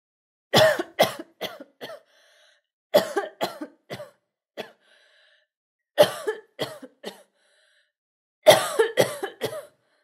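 Four coughing fits about two to three seconds apart. Each is a run of four or five sharp bursts that weaken toward the end, about eighteen coughs in all. A woman's repeated cough, a sound effect.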